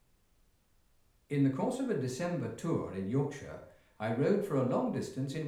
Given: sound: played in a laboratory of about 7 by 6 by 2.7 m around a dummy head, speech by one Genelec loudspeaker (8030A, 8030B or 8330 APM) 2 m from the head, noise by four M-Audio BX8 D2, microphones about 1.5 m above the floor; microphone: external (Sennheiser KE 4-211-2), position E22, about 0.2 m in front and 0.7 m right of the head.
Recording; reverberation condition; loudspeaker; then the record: male speech in English; medium; in front (0 degrees)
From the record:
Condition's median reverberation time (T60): about 510 ms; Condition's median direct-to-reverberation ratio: about -0.5 dB